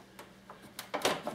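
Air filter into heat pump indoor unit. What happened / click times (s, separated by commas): The plastic filter snapped into its retaining clips / 0.8 s, 1.1 s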